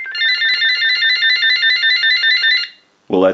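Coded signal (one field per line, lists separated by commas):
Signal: none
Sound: phone ringer beeping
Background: speech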